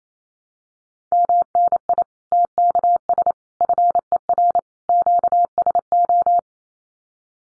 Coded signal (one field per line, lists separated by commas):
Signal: Morse code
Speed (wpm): 28 wpm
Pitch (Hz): 700 Hz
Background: none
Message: MNI TKS FER QSO